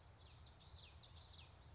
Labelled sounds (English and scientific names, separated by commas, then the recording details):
Common Yellowthroat (Geothlypis trichas)
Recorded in Sonoma County, California